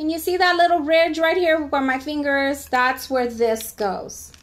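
Someone talks while handling a digital microscope body, pointing out a small ridge on its stand holder where the microscope goes. The part is being lined up on the holder's ridge, and nothing has seated or clicked yet.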